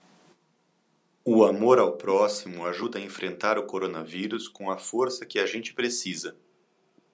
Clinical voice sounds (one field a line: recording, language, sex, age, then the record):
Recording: spoken sentence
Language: Brazilian Portuguese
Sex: male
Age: 40 to 49 years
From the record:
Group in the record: control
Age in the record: 42 years